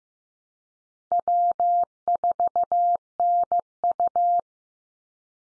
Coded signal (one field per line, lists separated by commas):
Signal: Morse code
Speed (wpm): 15 wpm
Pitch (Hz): 700 Hz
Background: none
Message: W4NU